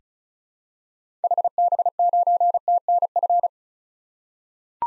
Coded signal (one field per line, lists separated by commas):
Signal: Morse code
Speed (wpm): 36 wpm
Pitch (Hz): 700 Hz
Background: none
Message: HB9TNF